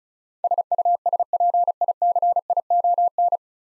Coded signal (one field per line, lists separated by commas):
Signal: Morse code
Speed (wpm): 36 wpm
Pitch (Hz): 700 Hz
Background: none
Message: SUSPICION